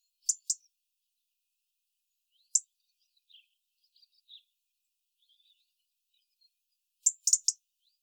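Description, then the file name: European robin calls: sharp, high ticking notes, first a pair, a lone note, faint soft sounds, then a quick burst of several at the end. "Erithacus rubecula"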